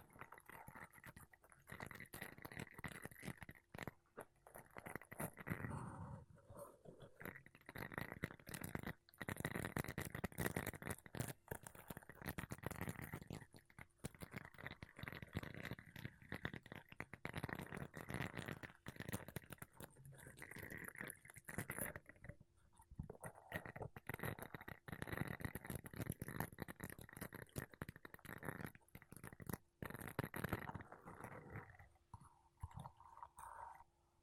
Mic Brushing Using Makeup Brushes and Sponge